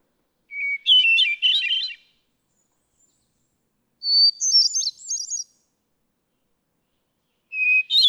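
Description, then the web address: Hermit thrush singing two phrases, each a long pure whistle then a rippling cascade, and the start of a third, the pitch shifting between phrases, with quiet gaps of about two seconds. "birdsongforthecurious songs Hermit Thrush"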